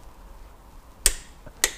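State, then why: Torque reached. A torque wrench set to 30 Nm tightens the hand-tightened aluminium sump drain plug in the oil pan of a VW Up! GTI. After quiet background hum, two sharp clicks sound at 1.1 s and 1.6 s. The wrench has clicked at 30 Nm, confirming the plug is torqued.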